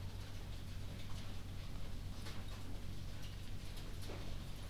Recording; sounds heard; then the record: poultry house recording; no chicken sound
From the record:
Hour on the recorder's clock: 22